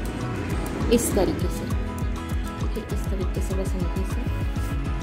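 A plastic connector hook is handled against a modular shoe-rack panel while someone talks over steady background music. The hook is being fitted the correct way after a wrongly oriented piece was removed, but nothing has seated or clicked yet.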